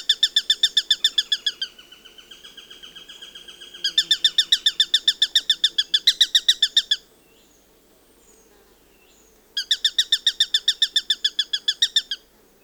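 Eurasian sparrowhawk repeating a quick, strident kek series that briefly drops softer, returns loud, stops, then resumes.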